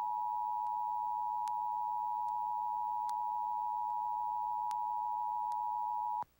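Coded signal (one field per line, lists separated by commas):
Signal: Emergency Alert System (SAME) tones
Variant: 853 and 960 Hz attention tone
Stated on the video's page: Required Monthly Test captured off a TV station's broadcast, airing during commercials rather than programming.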